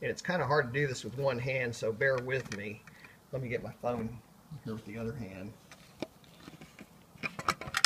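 Someone talks while handling a 3D-printed plastic house addition one-handed, working its dovetail joint toward the dovetail slot of the model house. Short, sharp plastic ticks and taps are heard near 6.0, 7.3, 7.5, 7.8 and 7.9 seconds. The piece has not snapped into place yet; nothing has seated by the end.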